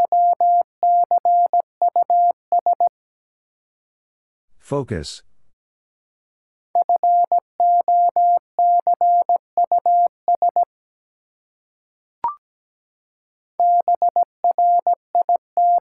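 A word is sent in Morse code as a steady mid-pitched tone keyed into short dots and longer dashes, in three bursts: the start, about 7 to 10.5 seconds, and near the end. Around 4.5 seconds a brief spoken sound breaks in, and a faint click falls near 12 seconds.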